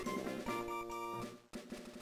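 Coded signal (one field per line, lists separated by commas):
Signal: none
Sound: music notes in game stream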